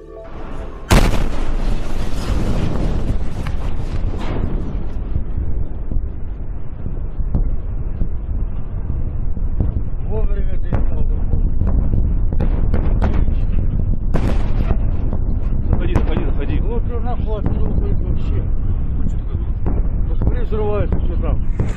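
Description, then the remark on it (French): A meteor explodes in the sky over Russia: a sudden sharp boom, then a long, loud rumbling barrage of repeated blasts and cracks, with people's voices heard beneath the din. “Voilà, vous entendez ces explosions qui ne sont pas celles issues d'une scène de guerre, mais qui sont l'explosion d'un météore dans le ciel de Russie”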